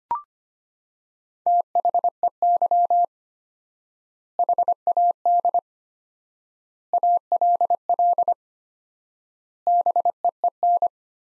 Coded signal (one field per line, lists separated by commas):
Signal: Morse code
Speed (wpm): 25 wpm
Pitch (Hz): 700 Hz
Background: none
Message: THEY HAD ALL BEEN